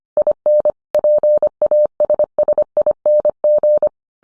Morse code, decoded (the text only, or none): IN PASSING